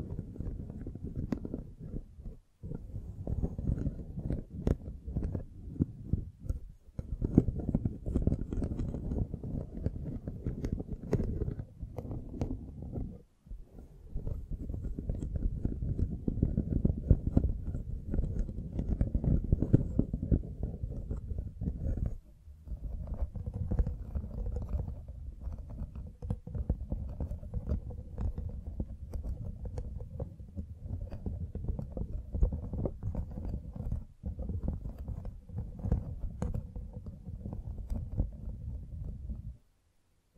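Microphone brushing and scratching fills the clip with a dense, low, rough rumble of constant rubbing, broken by brief dropouts near 2, 13 and 22 seconds. Sharp scratchy ticks poke through repeatedly, and the sound stops abruptly just before the end.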